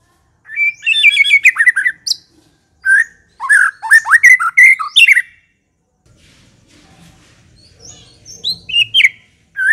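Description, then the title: White-rumped shama singing rich, varied whistles and chattering notes in bursts, with a quiet gap before more high, sharp phrases. Lure recording of an aggressive bird. "Pancingan Murai Batu Galak"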